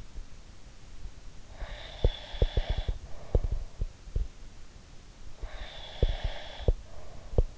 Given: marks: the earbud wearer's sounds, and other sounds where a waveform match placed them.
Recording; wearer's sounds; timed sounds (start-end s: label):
sounds in sleep by an in-ear microphone; breath
1.47-3.83 s: breath
1.97-4.33 s: sound from someone else or the room
5.31-7.58 s: breath
5.42-7.58 s: sound from someone else or the room